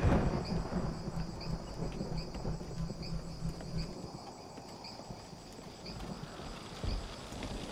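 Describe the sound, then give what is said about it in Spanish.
A low, rolling thunder rumble swells at the start and fades out over several seconds, with steady high cricket chirps and a few scattered clopping knocks continuing throughout. “Inmediatamente después se iniciaron los primeros relámpagos de la tormenta.”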